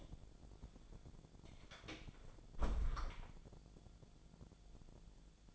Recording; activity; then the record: daily activity, microphone in the room; close door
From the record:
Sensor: 5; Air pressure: 1000.5 hPa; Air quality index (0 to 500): 152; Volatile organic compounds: 2 ppm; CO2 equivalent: 1176 ppm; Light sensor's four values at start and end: 48/112/47/50 and 48/113/47/50